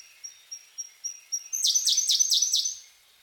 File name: siberian blue robin